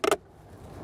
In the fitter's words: it snaps into place